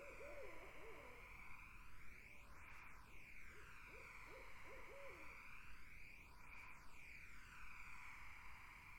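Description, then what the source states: Barred owls give a tangle of wavering hoots at the start, then a second bout of short, arched hoots midway, over a continuous sweeping hiss. Barred owls in a summer wetland.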